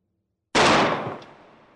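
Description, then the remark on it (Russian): A single heavy shot from a large-caliber weapon, fired into a stone wall in an empty tunnel, bursts out of silence with a sharp, full-bodied crack, then rolls into a long, booming echo that slowly fades down the tunnel. “В пустом туннеле, где даже хлопок в ладоши звучал как удар гонга, выстрел из крупнокалиберного оружия был подобен взрыву.”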